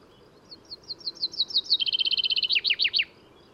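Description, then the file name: Common chaffinch song: a cascading phrase of quickening notes becomes a dense trill, finishing with a few strong descending notes. "Fringilla coelebs"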